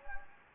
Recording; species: mosquito wingbeat signal from an infrared sensor; Anopheles gambiae